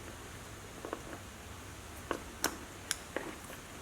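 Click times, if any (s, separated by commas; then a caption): 2.9 s. A headlight harness connector with a purple tab, from a Morimoto XB headlight being installed on a 2020+ Super Duty, is pushed into the truck's black and light-blue wiring connector. After a few soft taps and handling clicks, a very faint click is heard at 2.9 s as the connector seats.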